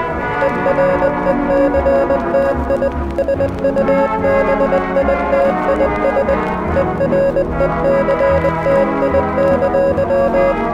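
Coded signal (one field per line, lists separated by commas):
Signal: Morse code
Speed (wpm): 20 wpm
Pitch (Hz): 550 Hz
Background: music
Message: ERECTI SUBITIS ERECTI!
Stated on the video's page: Mock recreation of a North Korean alarm.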